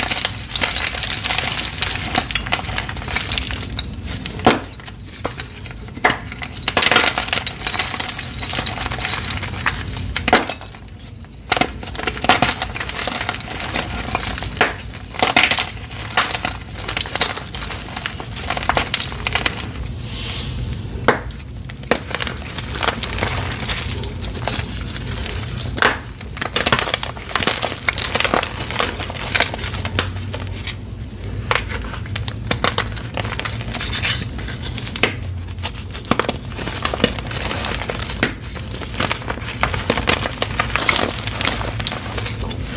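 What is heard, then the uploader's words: Gym chalk being crushed in baby oil, a dense, continuous crinkling and crumbling that fills the whole stretch. Sharp crackles and squishy pops arrive irregularly every second or two, with brief, quieter pauses around 11 and 31 seconds before the grinding resumes. Baby Oil Gym Chalk Crushing Compilation.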